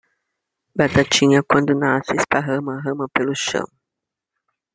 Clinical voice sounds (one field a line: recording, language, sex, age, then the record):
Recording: short text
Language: Brazilian Portuguese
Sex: female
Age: 50 to 59 years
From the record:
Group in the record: control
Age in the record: 51 years